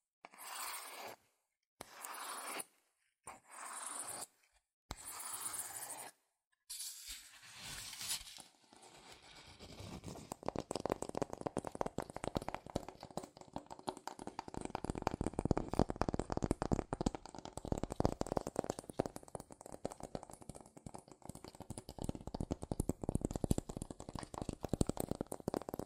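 Cardboard and paper are handled in short bursts of rustling scratches separated by silences for the first eight seconds. After that, dense, fast tapping and scratching on the cardboard runs continuously to the end, with a steady crackling texture and brisk, irregular hits.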